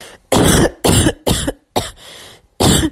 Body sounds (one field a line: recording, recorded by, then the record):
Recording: voluntary cough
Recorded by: messaging app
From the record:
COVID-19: negative